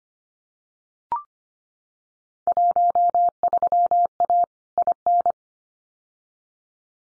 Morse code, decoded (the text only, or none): 13A IN